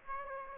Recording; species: mosquito wingbeat signal from an infrared sensor; Aedes aegypti